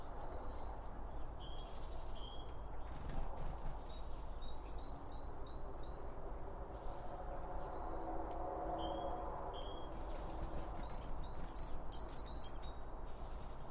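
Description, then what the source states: Birds making scattered high chirps and short whistled phrases, some in quick runs near the middle and end, over soft low background noise. Birds recorded around a bird feeder with two OM 1 microphones from Line Audio.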